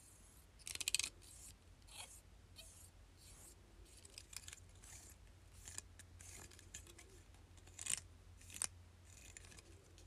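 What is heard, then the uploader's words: A claw clip being handled, with short bright clicks and snaps scattered across the ten seconds, the loudest near the start around one second and again near eight and nine seconds. Between them come softer rustles and scrapes over a steady low hum. ASMR Claw Clip.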